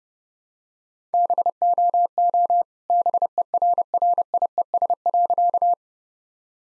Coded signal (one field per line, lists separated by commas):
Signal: Morse code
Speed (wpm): 32 wpm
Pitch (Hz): 700 Hz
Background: none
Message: BOO BERRIES.